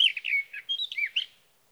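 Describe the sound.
Sage thrasher song fragment: a quick string of warbled, slurred whistles lasting just over a second, with nothing else audible.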